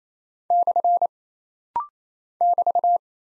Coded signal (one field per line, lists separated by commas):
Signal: Morse code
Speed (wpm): 28 wpm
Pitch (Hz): 700 Hz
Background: none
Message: / <BT>